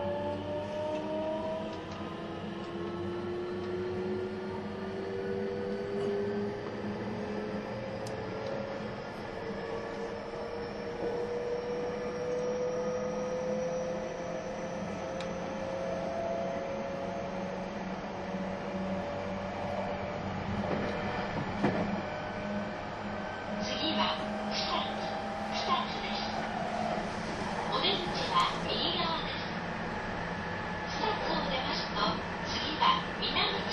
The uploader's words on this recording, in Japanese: 2001,225系 700 新快速23号 01/01:野洲～姫路。The 225 series-700 is a newly built vehicle exclusively for the paid seats ``A seat''.列車走行音。